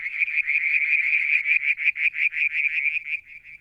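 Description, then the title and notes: Frogs giving a steady stream of quick pulsed notes, high and rasping, fading slightly toward the end. Calling one evening near a water tank at Mount Wilson, New South Wales, Australia, July 2022. "Frog song, Mount Wilson, New South Wales, Australia in July 2022 – by Alexander Moffatt. Limnodynastes Peronii, Litoria Verreauxii and a mystery frog one evening near the water tank"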